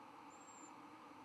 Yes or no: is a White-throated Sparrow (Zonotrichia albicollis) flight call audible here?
no